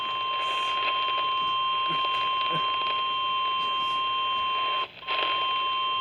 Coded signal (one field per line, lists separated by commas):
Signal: Emergency Alert System (SAME) tones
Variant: 1050 Hz attention tone